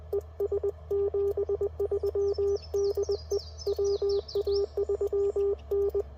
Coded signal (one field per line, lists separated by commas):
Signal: Morse code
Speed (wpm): 22 wpm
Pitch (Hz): 400 Hz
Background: none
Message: ES 73 DE WA3N